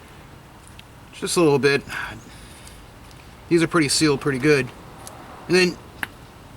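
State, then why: Seated. Someone talks while working on a 1998 Toyota Corolla VE with 275,773 miles during a spark plug replacement, after putting a little dielectric grease on the end of the ignition coil boot. The boot is pushed down onto the spark plug terminal and snaps on with a sharp click at 6.0 s, confirming it is seated.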